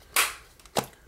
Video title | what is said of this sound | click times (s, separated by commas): Galaxy S4 Active Poetic Atmosphere Case Review | snaps right in and it's | 0.8 s